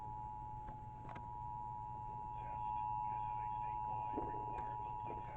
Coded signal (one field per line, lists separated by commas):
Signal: Emergency Alert System (SAME) tones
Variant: 853 and 960 Hz attention tone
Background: speech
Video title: EAS 1123-1126: Pennsylvania Required Monthly Test (October 2020) on 4 different stations